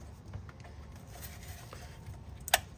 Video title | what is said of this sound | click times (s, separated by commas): Chevy Cavalier / Pontiac Sunfire fuel filter replacement | just going to push this over and it will click in there | 2.5 s